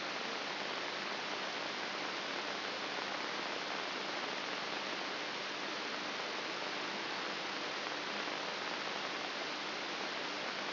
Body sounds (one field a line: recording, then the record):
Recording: brain microelectrode recording played as sound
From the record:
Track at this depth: inside the subthalamic nucleus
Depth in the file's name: 2.704 mm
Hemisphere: left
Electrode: 3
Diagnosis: Parkinson's disease